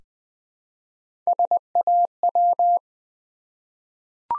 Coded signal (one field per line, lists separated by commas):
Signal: Morse code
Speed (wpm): 20 wpm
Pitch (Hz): 700 Hz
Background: none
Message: SAW